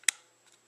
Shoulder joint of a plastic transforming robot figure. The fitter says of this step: and it's going to go forward and up and snaps in place